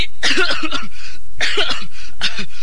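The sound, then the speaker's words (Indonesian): Three harsh, raspy coughs in a row, the first a drawn-out double burst, then two shorter ones after brief pauses, loud and throaty with no talking; a person with a cough coughing while lined up in formation during a marching drill. “Baris kok pakai batuk-batuk segala.”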